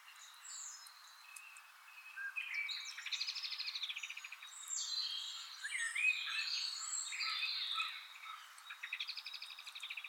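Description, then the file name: European robin song mixing rapid buzzy trills with high, liquid warbled phrases, delivered in bursts throughout. "Erithacus rubecula"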